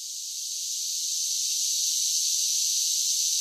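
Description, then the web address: Cicada chorus: a continuous shrill, hissing drone from many insects, rising a little in loudness at first and then holding steady. Large groups of cicadas singing together. "Blastwave INSECTS Cicadas Sing"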